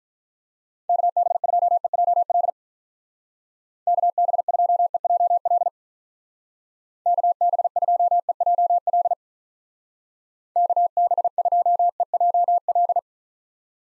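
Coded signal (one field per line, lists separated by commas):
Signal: Morse code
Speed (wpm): 47 wpm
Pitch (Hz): 700 Hz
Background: none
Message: KB2EJL KB2EJL KB2EJL KB2EJL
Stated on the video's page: Call sign practice in Speed-Racing format, starting at 1.5 times base speed and slowing to base; final repeat sent once at maximum speed.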